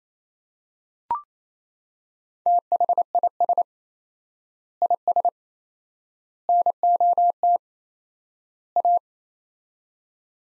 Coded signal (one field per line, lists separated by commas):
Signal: Morse code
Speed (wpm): 28 wpm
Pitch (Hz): 700 Hz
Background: none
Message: THIS IS NOT A